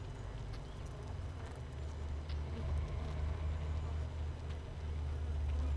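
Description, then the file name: Honey bee colony humming, a dense low drone with strong steady deep bands that swells slightly louder toward the end. Hive 1, colony without a queen, recorded 31 May 2018 at 15:30. "Hive 1 31 05 2018 NO Queen Bee H 1 audio 15 30 00"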